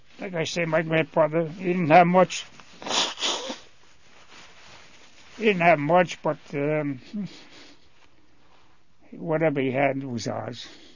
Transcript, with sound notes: Like I say, my grandfather didn't have much. ( he blows his nose ) He didn't have much but, uh, whatever he had was ours.